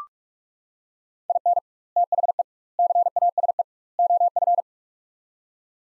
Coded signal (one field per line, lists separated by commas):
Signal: Morse code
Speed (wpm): 44 wpm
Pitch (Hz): 700 Hz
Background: none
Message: IN THE CASE OF